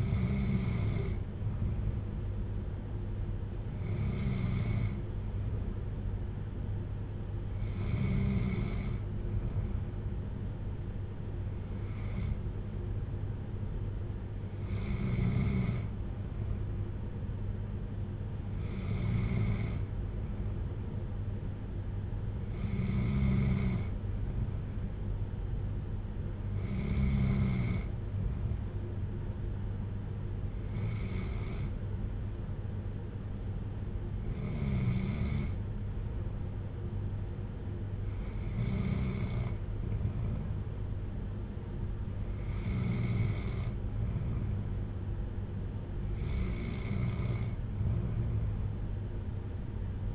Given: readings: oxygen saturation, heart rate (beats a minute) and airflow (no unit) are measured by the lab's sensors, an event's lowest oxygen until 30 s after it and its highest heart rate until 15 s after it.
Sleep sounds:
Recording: breathing in sleep by a smartphone at the bedside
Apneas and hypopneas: none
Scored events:
none scored
From the record:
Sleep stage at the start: N2 (light sleep)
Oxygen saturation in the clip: 94 to 95%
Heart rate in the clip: 56 to 60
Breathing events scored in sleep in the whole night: 310 in 8.1 hours asleep

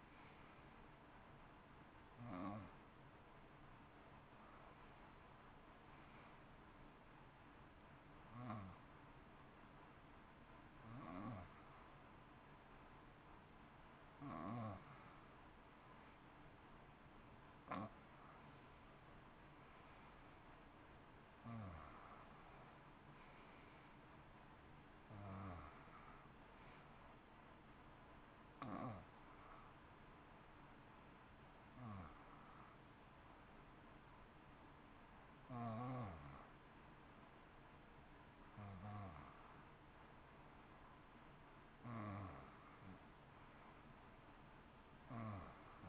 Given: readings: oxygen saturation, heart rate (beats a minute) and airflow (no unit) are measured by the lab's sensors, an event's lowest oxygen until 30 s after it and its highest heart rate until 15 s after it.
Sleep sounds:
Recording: breathing in sleep by a voice recorder at the bedside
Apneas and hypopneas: 1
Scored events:
6.00-20.20 s: hypopnea (N1, oxygen 91% highest, then 88% lowest, heart rate 59 at the start, 62 highest)
From the record:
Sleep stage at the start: N1 (lightest sleep)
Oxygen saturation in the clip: 88 to 91%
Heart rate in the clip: 59 to 62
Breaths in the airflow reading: 13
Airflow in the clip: -7.5 to 9.4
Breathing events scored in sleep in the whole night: 328 in 6.3 hours asleep

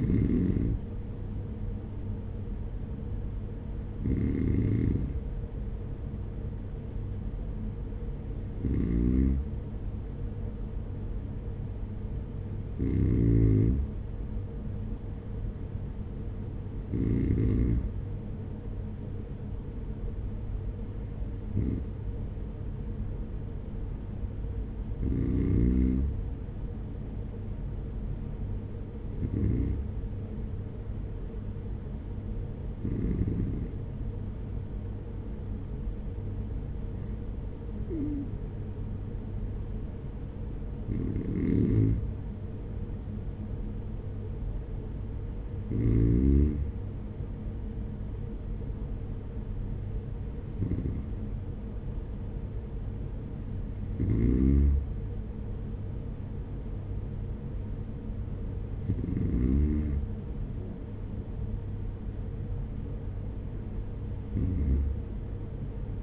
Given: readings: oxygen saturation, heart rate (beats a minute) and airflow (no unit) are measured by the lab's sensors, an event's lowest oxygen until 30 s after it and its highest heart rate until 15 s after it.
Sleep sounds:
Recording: breathing in sleep by a smartphone at the bedside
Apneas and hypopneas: none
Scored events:
none scored
From the record:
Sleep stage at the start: N2 (light sleep)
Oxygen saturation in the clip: 92 to 94%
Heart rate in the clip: 47 to 54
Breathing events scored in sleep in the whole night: 210 in 6.9 hours asleep

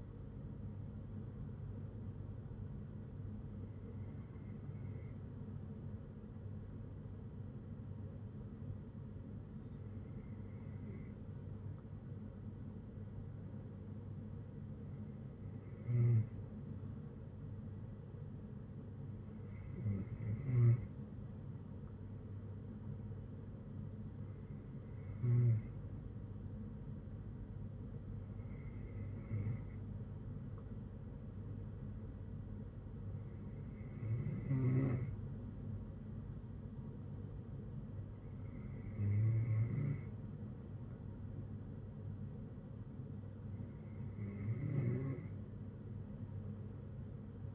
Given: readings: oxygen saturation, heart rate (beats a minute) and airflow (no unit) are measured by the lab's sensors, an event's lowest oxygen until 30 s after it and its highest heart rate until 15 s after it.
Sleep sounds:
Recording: breathing in sleep by a smartphone at the bedside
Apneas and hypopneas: none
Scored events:
none scored
From the record:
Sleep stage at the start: N2 (light sleep)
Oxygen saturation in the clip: 92 to 94%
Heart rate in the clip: 59 to 63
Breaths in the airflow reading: 10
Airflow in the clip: -7.1 to 5.1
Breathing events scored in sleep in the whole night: 182 in 7.4 hours asleep

